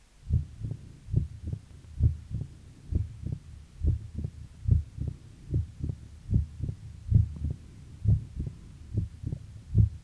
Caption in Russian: Тон открытия представляет собой самостоятельный высокочастотный и короткий звук, возникающий в самом начале диастолы, сразу после второго тона, когда открываются склерозированные и спаянные друг с другом створки митрального клапана. Запись, сделанную у больного с митральным стенозом на верхушке сердца. Усиленного первого тона и тона открытия митрального клапана, что создает характерную картину трехчленного ритма сердца.